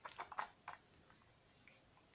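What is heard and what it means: A plastic handheld controller that was not fully in is handled along the side rail of a handheld console, producing a cluster of short, sharp plastic clicks and rattles in the first 0.8 seconds, followed by faint ticks. Nothing has seated or clicked into place yet.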